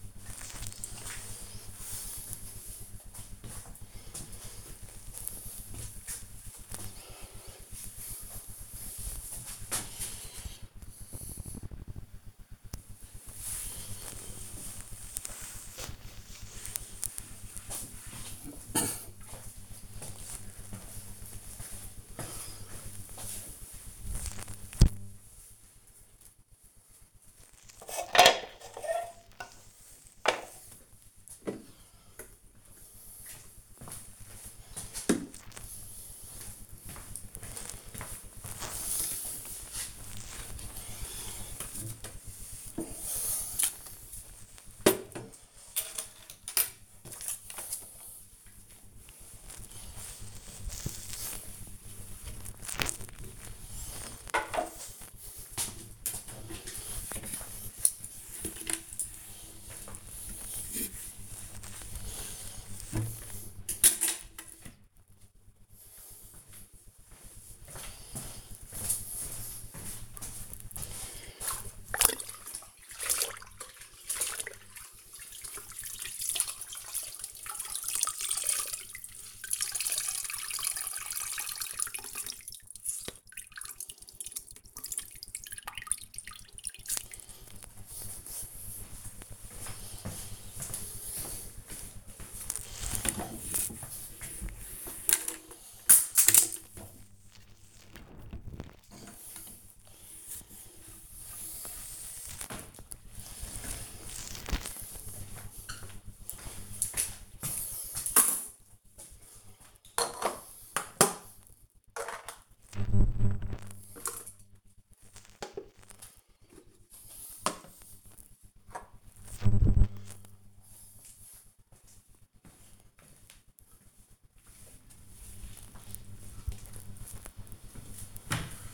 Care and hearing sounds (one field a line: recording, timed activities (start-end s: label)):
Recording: household activities, microphone on the right wrist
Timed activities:
0.00-37.46 s: cleaning the cupboard
0.00-78.63 s: kitchen
40.48-128.74 s: cleaning the cupboard